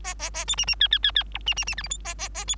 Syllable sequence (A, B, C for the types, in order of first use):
A A A B C C D D D D E C C C F G H A A A B